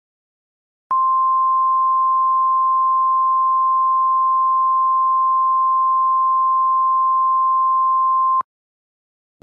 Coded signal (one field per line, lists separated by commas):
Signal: Emergency Alert System (SAME) tones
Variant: 1050 Hz attention tone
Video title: EAS Scenario #34 Skinwalker!!